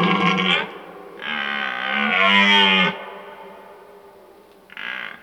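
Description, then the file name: Red deer stag bellowing: a short harmonic bellow, then a longer, louder moaning roar, and a short fainter bellow near the end. Old stag bellowing during the rut. "Burlen 10 oud hert"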